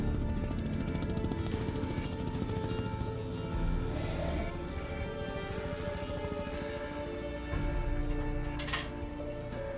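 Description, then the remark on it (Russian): A helicopter drones steadily throughout, its loud, constant rotor and engine rumble thick with low, humming tones and never fading or pausing. “Клайд слышит вертолет.”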